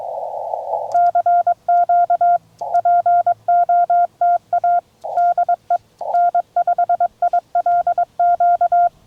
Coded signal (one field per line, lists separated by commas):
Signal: Morse code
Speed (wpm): 22 wpm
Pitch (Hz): 1400 Hz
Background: none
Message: CQ POTA DE N5ILQ